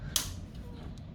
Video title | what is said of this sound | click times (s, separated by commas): COMO COLOCAR O DISTRIBUIDOR NA POSIÇÃO NO MOTOR DO FUSCA | Travado a tampa. | 0.2 s